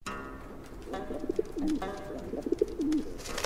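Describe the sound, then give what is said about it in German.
Pigeons coo in low, throaty phrases, two rounded rolling calls repeating with a brief pause between them over a soft background hiss. “Zumindest flattern sie jetzt nicht mehr sofort los, wenn ich mich auf ein paar Meter nähere.”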